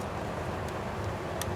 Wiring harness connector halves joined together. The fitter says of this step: A little dirty. There we go. Hear that click?